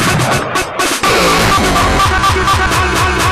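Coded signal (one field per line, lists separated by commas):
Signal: none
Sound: techno track synth beeps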